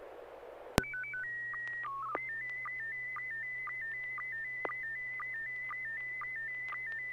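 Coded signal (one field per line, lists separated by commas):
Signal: SSTV (slow-scan television)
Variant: PD 120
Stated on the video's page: SSTV net on a 441.30 MHz FM repeater, images sent with MMSSTV.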